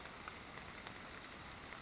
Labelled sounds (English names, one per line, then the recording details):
Western Flycatcher
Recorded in Sonoma County, California